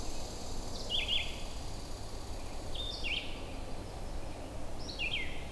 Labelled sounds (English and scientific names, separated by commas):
Red-eyed Vireo (Vireo olivaceus) song